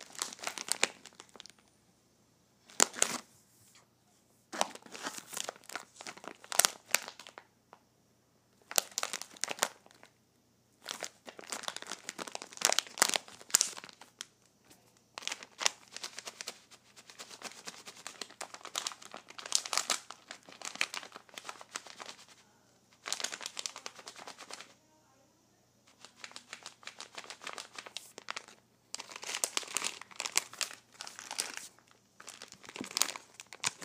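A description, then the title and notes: A plastic bag of cloths is crinkled in repeated bursts, some short and some lasting a few seconds, separated by brief silences. The rustling is bright and crackly, with denser stretches toward the middle and end. A faint low hum sits underneath throughout. ASMR Crinkling a Plastic Bag of Cloths.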